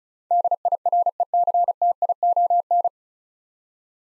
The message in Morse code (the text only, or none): DIRECTION